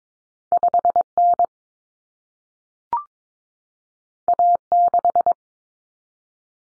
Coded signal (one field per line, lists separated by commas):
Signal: Morse code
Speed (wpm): 22 wpm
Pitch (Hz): 700 Hz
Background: none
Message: 5N A6